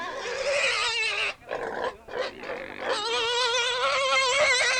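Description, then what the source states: Pig letting out sustained shrill, quavering squeals, briefly interrupted by short harsher cries before the squealing resumes. Barnyard scene.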